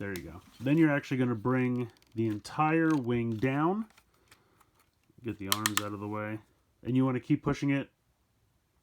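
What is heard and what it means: Someone talks while handling a Transformers Siege Commander Class Jetfire toy, bringing its whole plastic wing down on the transforming robot body and moving the arms out of the way. Faint, brief handling ticks are heard around 4.1 to 4.6 seconds during a pause in the talk. The wing has not seated or clicked into place yet.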